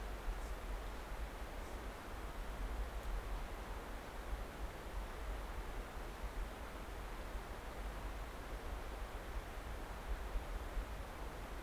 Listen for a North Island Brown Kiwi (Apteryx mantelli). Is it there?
no